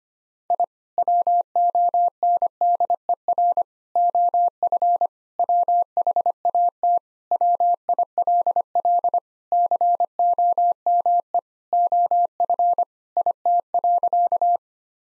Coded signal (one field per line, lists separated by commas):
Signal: Morse code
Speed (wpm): 25 wpm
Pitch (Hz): 700 Hz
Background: none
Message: I WONDER OF WHAT WILL COME OF IT.